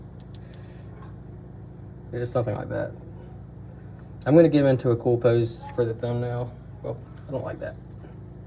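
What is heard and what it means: A plastic action figure's limb joint is handled and moved toward its socket while the figure is posed, with faint brief taps near the start and someone talking over a steady low hum. Nothing has seated or clicked into place yet.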